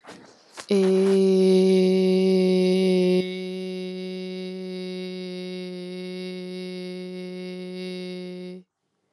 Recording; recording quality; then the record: sustained vowel as in made; excellent, no background noise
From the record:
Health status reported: recovered from COVID-19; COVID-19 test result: positive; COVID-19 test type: RT-PCR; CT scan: not taken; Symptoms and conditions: cough, cold, fatigue, loss of smell and taste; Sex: female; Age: 19 years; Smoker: no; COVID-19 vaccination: both doses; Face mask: worn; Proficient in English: yes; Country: India